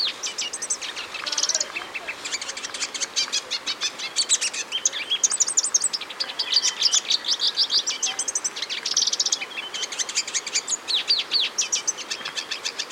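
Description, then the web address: Olivaceous Siskin song, a dense, continuous high twittering of rapid chirps and trills in bursts throughout. Ecuador. "Birds of Ecuador Olivaceous Siskin"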